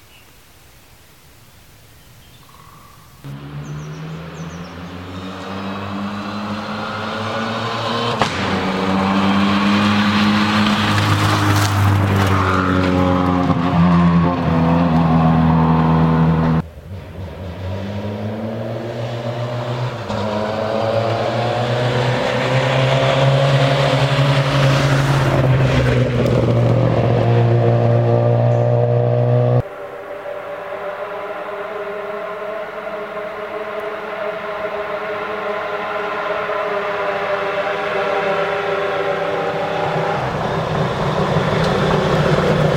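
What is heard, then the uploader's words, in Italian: Rally cars in the Pigelleto nature reserve. After a quiet opening, a loud engine roars in at about three seconds and climbs through rising and falling gear changes. The sound cuts abruptly near 17 and 30 seconds, each time followed by another sustained, revving engine. Rally nella Riserva Naturale del Pigelleto. Video testimonianza dell'attraversamento della Riserva Naturale del Pigelleto ( Piancastagnaio - SI ) del Rally della Val D'Orcia.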